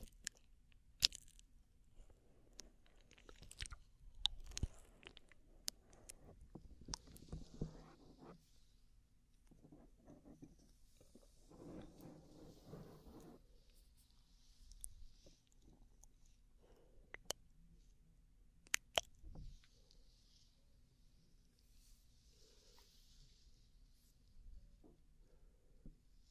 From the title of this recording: Scalp Massage & Hair Brushing